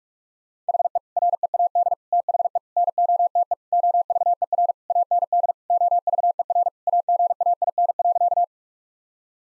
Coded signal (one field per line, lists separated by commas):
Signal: Morse code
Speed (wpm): 47 wpm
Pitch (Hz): 700 Hz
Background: none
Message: HE READ THE NOTE OVER AND OVER AGAIN.